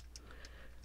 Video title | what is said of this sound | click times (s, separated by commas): How To Build the Optimus Prime Model Kit from Yolopark - Rise of the Beasts | oh that one actually just popped into place | 0.2 s